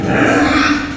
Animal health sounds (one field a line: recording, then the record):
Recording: squeal of a Yucatan mini pig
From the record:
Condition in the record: after surgery on the right vocal fold (resection and tissue-engineered implant)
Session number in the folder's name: 4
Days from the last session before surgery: 26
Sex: female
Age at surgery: 19 weeks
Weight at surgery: 25 kg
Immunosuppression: prednisolone